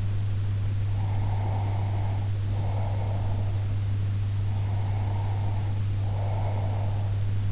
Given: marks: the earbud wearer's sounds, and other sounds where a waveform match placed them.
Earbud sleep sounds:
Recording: sounds in sleep by an in-ear microphone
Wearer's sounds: breath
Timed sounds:
0.86-3.41 s: breath
4.46-7.52 s: breath

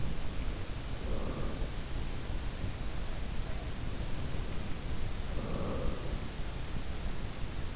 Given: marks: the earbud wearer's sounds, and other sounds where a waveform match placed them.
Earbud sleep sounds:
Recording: sounds in sleep by an in-ear microphone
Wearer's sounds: breath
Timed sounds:
0.00-2.07 s: breath
2.89-6.59 s: sound from someone else or the room
3.38-6.59 s: breath

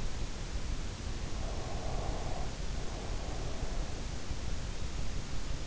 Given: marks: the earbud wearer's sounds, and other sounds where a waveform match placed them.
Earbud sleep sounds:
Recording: sounds in sleep by an in-ear microphone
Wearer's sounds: breath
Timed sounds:
1.40-4.27 s: breath

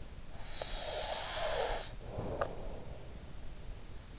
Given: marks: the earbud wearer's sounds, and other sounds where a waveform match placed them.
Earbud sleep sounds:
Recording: sounds in sleep by an in-ear microphone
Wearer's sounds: snoring breath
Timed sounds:
0.09-3.06 s: snoring breath

